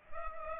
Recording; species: mosquito wingbeat signal from an infrared sensor; Culex pipiens